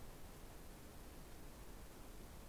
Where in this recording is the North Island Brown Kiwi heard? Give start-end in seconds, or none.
none